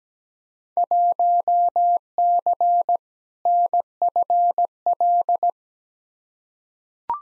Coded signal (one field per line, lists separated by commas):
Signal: Morse code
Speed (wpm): 17 wpm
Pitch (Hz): 700 Hz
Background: none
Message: 1C NFL